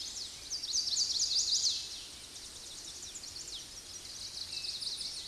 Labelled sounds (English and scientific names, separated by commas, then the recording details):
Chestnut-sided Warbler (Setophaga pensylvanica) song
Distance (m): 15 m
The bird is about 5 m above the microphone
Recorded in a Pennsylvania forest on 16 May 2024 at 06:57
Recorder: AudioMoth, point MSD-2257
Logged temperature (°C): 16.0 °C
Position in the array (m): 171 m, 176 m